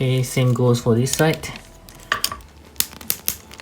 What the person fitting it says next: Wow, you can hear the clicking sound.